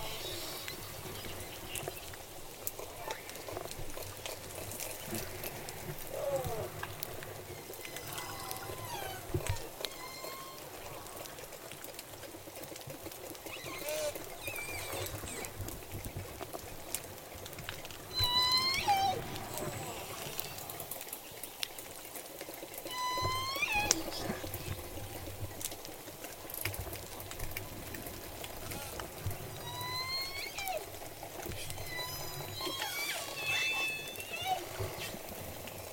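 Orcas of J pod call over a steady low rumble and hiss that lasts the whole time. Short squeaky whistles and buzzy, rising pulsed calls come every few seconds, growing more frequent after about 18 seconds, with scattered faint clicks between them.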